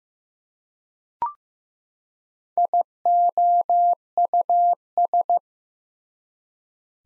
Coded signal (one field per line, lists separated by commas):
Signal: Morse code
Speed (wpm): 15 wpm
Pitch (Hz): 700 Hz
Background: none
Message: IOUS